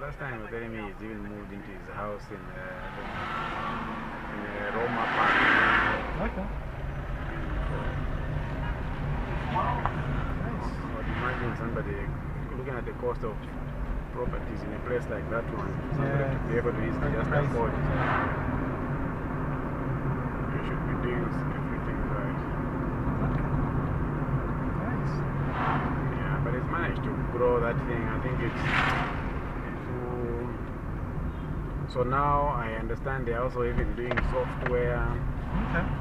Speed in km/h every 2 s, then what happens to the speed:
0, 0, 0, 11, 20, 27, 24, 27, 34, 41, 42, 41, 40, 38, 38, 31, 23, 24.
0-4 standing. 4-10 pulls away to 27. 13-19 speeds up to 42. 19-29 steady at about 40. 29-32 brakes to 23.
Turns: none.